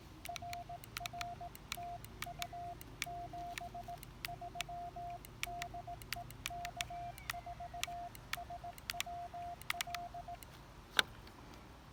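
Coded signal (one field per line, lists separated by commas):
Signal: Morse code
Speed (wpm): 18 wpm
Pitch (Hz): 700 Hz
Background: none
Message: RR TU 73 DE K4SWL E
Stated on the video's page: POTA park activation in Morse, transmitted with a Discovery TX-500 transceiver into a Packtenna 9:1 antenna with a T1 tuner.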